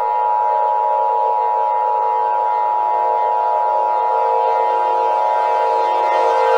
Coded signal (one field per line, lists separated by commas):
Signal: Emergency Alert System (SAME) tones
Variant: 853 and 960 Hz attention tone